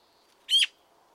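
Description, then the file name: Eurasian magpie uttering a single harsh, rasping chack note against a quiet background. "Pica pica"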